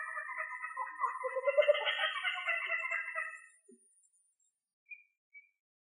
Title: manok ostrali